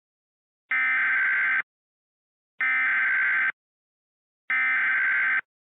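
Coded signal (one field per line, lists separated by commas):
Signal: Emergency Alert System (SAME) tones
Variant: header bursts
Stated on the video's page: Recreated mock EAS alert of the Hawaii false alarm.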